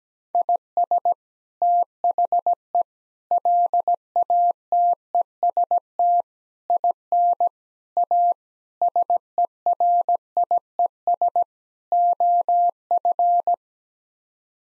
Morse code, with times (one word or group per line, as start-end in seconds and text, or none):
0.3-1.1 IS
1.6-2.8 THE
3.3-6.2 LATEST
6.7-7.5 IN
8.0-8.3 A
8.8-11.4 SERIES
11.9-13.5 OF